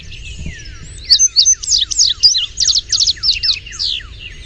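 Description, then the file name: Indigo bunting song: a bright, high series of sweet notes, many given in quick pairs, running for about three seconds over faint low rumble and softer bird calls beforehand. "INBU song"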